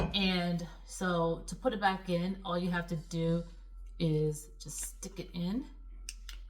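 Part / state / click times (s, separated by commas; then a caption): stopper into water bottle lid / seated / 6.1 s. Someone talks while pushing a washed rubber/plastic stopper back into the lid of an Ion8 water bottle. A sharp click at 6.1 s shows the stopper has seated in the lid, followed by a softer tap.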